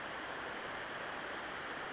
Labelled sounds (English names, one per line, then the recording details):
Western Flycatcher
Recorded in Sonoma County, California